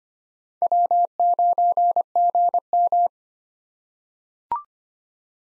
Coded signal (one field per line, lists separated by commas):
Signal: Morse code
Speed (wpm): 25 wpm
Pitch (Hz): 700 Hz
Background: none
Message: W9GM